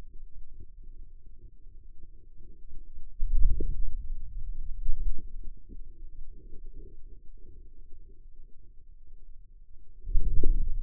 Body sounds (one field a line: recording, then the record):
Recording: forearm muscle sounds (acoustic myography)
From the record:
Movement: hand closing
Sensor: system 2, bracelet of six BSWA MPA416 microphones around the upper forearm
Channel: 5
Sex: male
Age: 22 years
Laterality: right